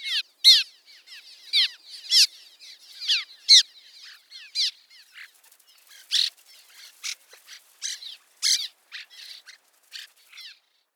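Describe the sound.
Cliff swallow calls: repeated downslurred squeaky notes mixed with short harsh buzzy bursts, coming irregularly.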